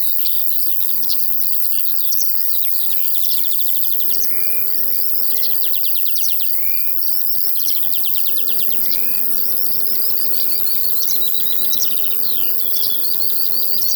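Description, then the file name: Crickets keep up a steady shrill trill while birds add rapid rattling trills and twittering phrases throughout. In a field, with larks heard alongside the crickets. "Sounds from a Field Larks and Crickets"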